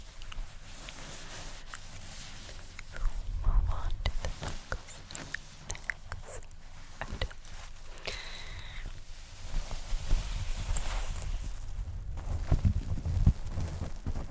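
Fabric rustles and rubs in a dense run of short scuffs and soft thumps, with louder clusters around 3 to 4 seconds and again after 10. A brief squeaky, zip-like sliding sound comes near 8 seconds, over a low steady rumble.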